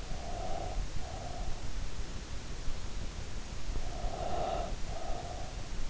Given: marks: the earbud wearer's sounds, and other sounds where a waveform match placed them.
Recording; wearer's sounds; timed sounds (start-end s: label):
sounds in sleep by an in-ear microphone; breath
0.00-1.60 s: breath
3.56-5.57 s: breath